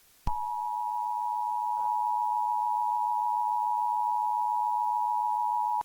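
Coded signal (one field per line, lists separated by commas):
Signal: Emergency Alert System (SAME) tones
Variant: 853 and 960 Hz attention tone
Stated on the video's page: Fictional EAS scenario.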